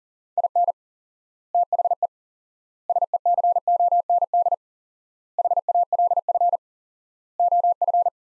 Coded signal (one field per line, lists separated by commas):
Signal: Morse code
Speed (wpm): 40 wpm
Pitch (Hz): 700 Hz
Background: none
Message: IN THE SECOND HALF OF